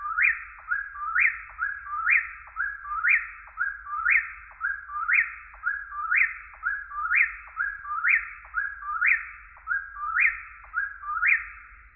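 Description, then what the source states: Eastern whip-poor-will calling its three-part whistled phrase, a short note then a dip and a sharp rising slur, repeated steadily about once a second, twelve times, over a faint low hum. Recorded in deciduous forest.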